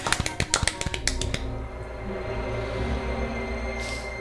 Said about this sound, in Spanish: Sí, pero estáis aplaudiendo y.